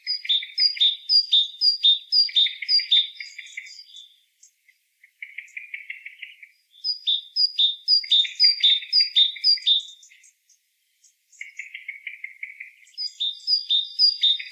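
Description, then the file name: Great tit calls: bright repeated two-note phrases with high ringing notes, alternating with lower rasping chattering bursts, in three bouts separated by short pauses. "Parus major"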